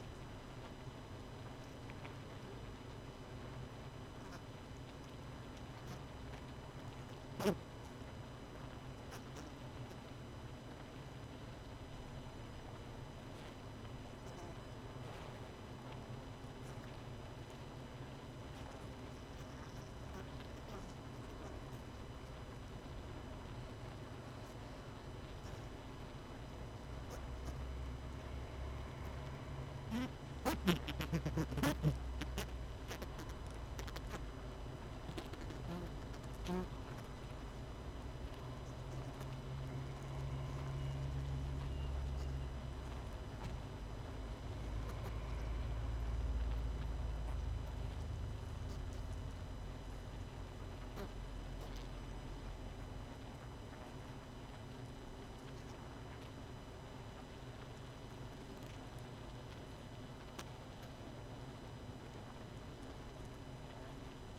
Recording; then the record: honeybee colony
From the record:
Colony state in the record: missing queen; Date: 31 May 2018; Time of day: 19:16